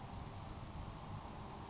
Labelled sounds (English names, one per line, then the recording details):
Grasshopper Sparrow
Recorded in Sonoma County, California